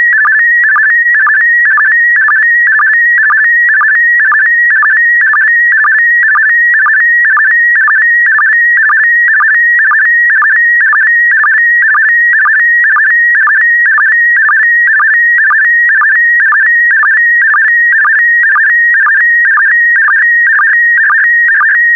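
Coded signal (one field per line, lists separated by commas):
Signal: SSTV (slow-scan television)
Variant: PD120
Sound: steady warbling high tone with rhythmic chirping blips about twice a second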